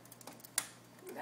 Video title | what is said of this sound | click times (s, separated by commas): Building my dell.wmv | that's much better. You always want to hear the snap, because then you know that it's seated properly. | 0.6 s